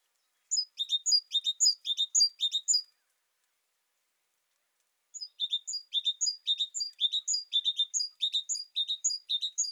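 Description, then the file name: Great tit calling in two clean bouts of rapid, high, descending chip phrases, separated by a couple of seconds of silence. "Parus major"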